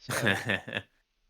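A RAM module is being handled over a motherboard memory slot, about to be pressed straight down until the retention latch clicks. Someone talks briefly, and no click is heard. Nothing has seated or clicked yet.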